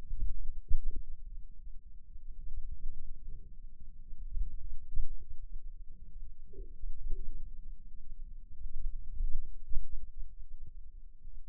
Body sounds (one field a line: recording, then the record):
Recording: forearm muscle sounds (acoustic myography)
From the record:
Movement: pen grasping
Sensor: system 2, bracelet of six BSWA MPA416 microphones around the upper forearm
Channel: 5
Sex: male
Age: 22 years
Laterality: right